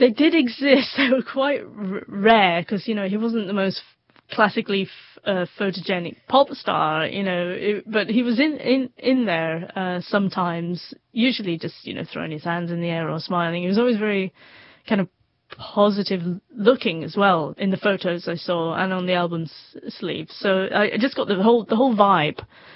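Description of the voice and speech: Adult woman speaking mostly fluently with mild stuttering: word and phrase repetitions, a stretched sound and brief blocks. Her stutter has always been quite mild and not very prevalent.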